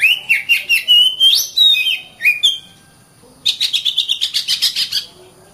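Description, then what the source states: Oriental magpie-robin song: a run of loud whistled and slurred notes, then after a brief pause a fast series of about a dozen sharp chipping notes. Master recording used for training birds.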